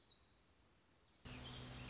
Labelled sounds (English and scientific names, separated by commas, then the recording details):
Black-throated Gray Warbler (Setophaga nigrescens)
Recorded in Sonoma County, California